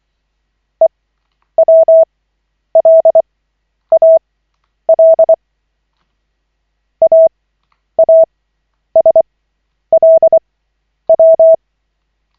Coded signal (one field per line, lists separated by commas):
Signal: Morse code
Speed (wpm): 24 wpm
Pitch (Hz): 650 Hz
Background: none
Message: EWLAL AASLW